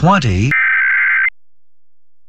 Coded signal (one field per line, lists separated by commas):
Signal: Emergency Alert System (SAME) tones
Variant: header bursts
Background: speech